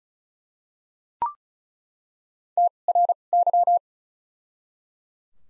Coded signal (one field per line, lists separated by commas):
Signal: Morse code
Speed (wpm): 36 wpm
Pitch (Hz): 700 Hz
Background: none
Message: T R Y